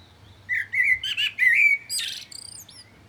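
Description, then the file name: Common blackbird singing one phrase, rich fluty whistles sliding up and down, then a sharp high-pitched twittering flourish at the end. "Turdus merula"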